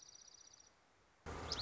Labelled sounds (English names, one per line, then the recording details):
Dark-eyed Junco
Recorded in Sonoma County, California